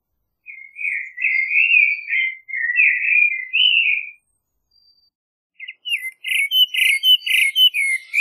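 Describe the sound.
Common blackbird song: a mellow fluty warble lasting about four seconds, a short pause, then a run of quick repeated notes with thin high squeaky overtones.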